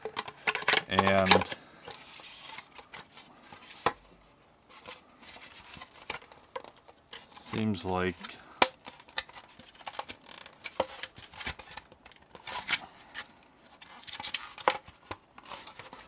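Someone presses and turns the body of a Taotronics 42" TT-TF003 tower fan onto its plastic base during assembly, making scattered sharp plastic knocks, taps and handling rattles while someone talks briefly. The body has not yet clicked or seated onto the base by the end of the clip.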